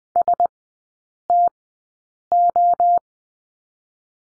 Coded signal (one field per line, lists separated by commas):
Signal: Morse code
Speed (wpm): 20 wpm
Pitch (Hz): 700 Hz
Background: none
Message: STO